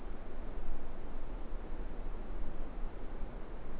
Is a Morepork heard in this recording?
no